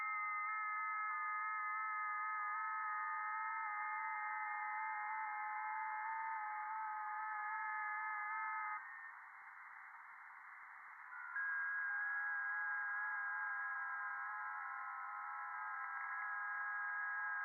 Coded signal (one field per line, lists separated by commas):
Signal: FT8